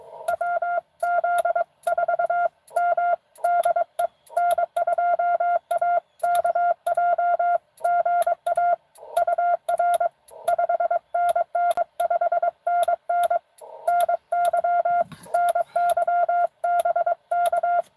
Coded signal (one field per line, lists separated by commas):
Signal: Morse code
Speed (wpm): 22 wpm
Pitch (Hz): 690 Hz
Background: none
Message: WZ4M DE N2AKJ GA UR 5NN 5NN NY NY BK